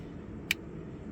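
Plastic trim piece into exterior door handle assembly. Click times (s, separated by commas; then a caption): 0.5 s. A second plastic trim piece is pushed into the exterior door handle assembly of a 2007–2021 Hyundai Elantra. It gives one short, sharp click at 0.5 s over a low steady background hum. The piece clicks in but slides back out, so it is not held in place properly.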